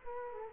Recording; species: mosquito wingbeat signal from an infrared sensor; Culex quinquefasciatus